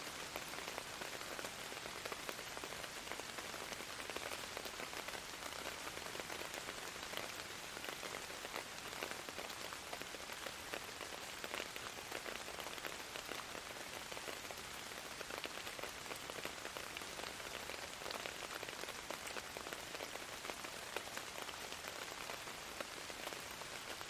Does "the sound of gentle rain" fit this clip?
yes